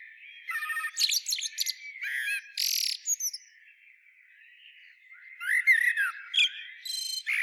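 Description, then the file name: Eurasian blackbird singing: fluty warbled phrases with squeaky high twitters at about one and six seconds, separated by a quieter pause. "Turdus merula"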